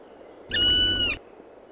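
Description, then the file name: Black woodpecker giving one drawn-out, plaintive, harmonic-rich note lasting under a second, level and steady before a slight drop at the end, over soft background hiss. "PALOKARKI"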